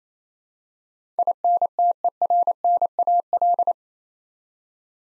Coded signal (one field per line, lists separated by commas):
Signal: Morse code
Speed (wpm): 28 wpm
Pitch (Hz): 700 Hz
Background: none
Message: INTERNAL